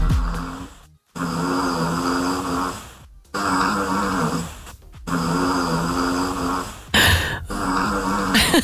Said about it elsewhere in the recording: My dog Tilly. I recorded her last night under our bed, snoring her head off. She's a tiny little dog as well. She's a 10-year-old Cavapoo.